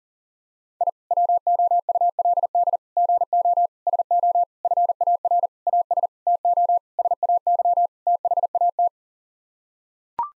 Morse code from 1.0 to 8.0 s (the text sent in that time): WOULD GO SO FAR AS TO SAY